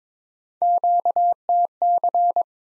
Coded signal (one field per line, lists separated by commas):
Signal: Morse code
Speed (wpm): 23 wpm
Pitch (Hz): 700 Hz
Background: none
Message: QTC